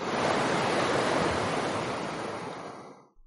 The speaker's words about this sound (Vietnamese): Bên trong hồ lô, một hồi âm thanh như là tiếng nước sông lớn chảy nhanh vang lên.